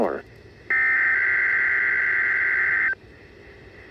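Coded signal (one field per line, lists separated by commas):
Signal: Emergency Alert System (SAME) tones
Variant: header bursts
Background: speech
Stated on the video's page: Required Weekly Test from weather radio station WXM49 on 162.425 MHz.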